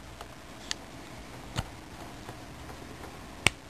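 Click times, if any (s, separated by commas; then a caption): 3.5 s. The two halves of an SLS130, SLS190 or SLS320 linear position sensor, with the housing part going into the sensor body, are lined up in the only position they fit and pushed together. A few faint ticks and handling taps come first. A sharp, loud click at 3.5 seconds marks the housing snapping home and seating.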